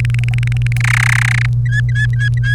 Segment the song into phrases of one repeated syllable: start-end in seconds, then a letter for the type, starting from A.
0.00-0.77 A, 0.80-1.46 B, 1.66-2.54 C